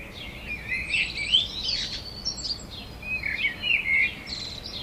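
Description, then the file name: Eurasian blackbird calling with sweeping, warbled high phrases that rise and fall, two main bursts over five seconds, over a steady background hiss. "Turdus merula"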